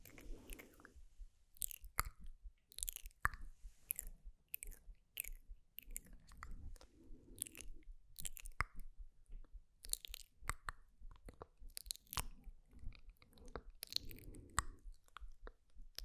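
Slow, gentle mouth sounds: soft wet clicks, smacks and chewing noises arrive in irregular bursts every second or so. Sharp crisp snaps cut through now and then, with quieter muffled murmurs between them and a faint low hum underneath.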